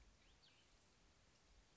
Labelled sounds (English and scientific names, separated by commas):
Cassin's Vireo (Vireo cassinii)